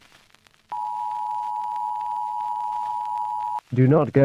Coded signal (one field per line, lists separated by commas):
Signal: Emergency Alert System (SAME) tones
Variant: 853 and 960 Hz attention tone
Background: speech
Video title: Creeternity - An EAS Alert